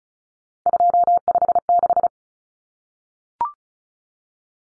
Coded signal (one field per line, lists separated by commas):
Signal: Morse code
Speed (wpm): 34 wpm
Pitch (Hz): 700 Hz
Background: none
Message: 256